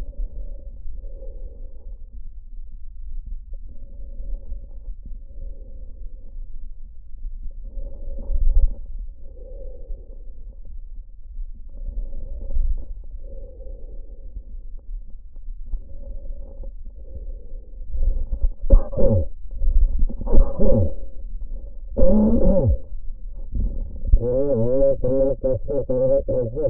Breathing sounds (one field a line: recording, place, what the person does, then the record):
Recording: lung sounds by stethoscope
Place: trachea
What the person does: quiet breathing, then cough and speech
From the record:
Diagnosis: pulmonary infection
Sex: male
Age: 54 years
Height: 187 cm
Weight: 95 kg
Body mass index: 27.2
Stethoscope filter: diaphragm mode